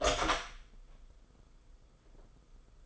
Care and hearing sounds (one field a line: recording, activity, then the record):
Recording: daily activity, microphone in the room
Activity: open door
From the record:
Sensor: 5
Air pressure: 990.6 hPa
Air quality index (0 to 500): 152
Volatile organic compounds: 173 ppm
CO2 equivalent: 4117 ppm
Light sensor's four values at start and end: 27/64/26/28 and 27/65/27/29